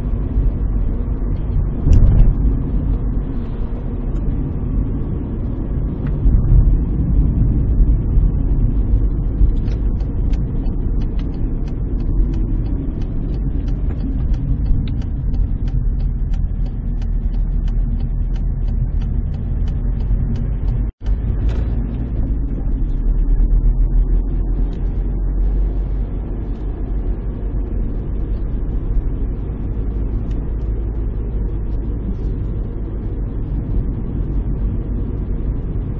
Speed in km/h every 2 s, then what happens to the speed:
52, 50, 46, 42, 38, 35, 28, 18, 18, 20, 28, 22, 36, 39, 40, 40, 39, 40.
0-14 slows to 18. 17-25 speeds up to 39. 25-36 steady at about 40.